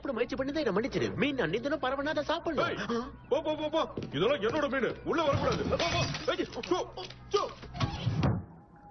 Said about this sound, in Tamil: கண்ணாடி உடைஞ்சு போச்சு.